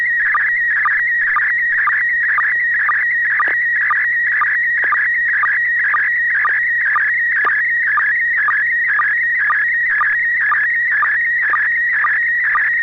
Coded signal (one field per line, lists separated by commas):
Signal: SSTV (slow-scan television)